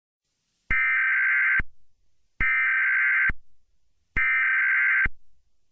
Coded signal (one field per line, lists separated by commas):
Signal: Emergency Alert System (SAME) tones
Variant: header bursts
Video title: EAS Mock: Amber Alert I